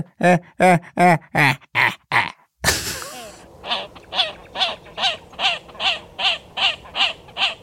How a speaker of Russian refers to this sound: Большая поганка так медленно смеется.